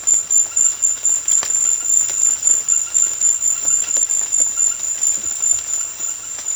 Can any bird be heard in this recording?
no